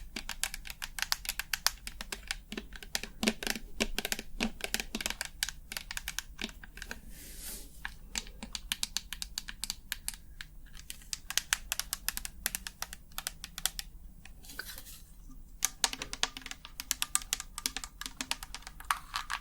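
Rapid, irregular tapping runs throughout in dense bursts of crisp clicks, pausing briefly near 6 and 14 seconds, over a low steady hum.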